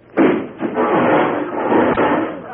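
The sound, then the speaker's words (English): A sudden loud crash as a sheriff walks through a wall, thinking there was a door there, followed by a long rumbling clatter of breaking boards and falling debris, with one more sharp thud near the end. “Doggone it, I thought there was a door there.”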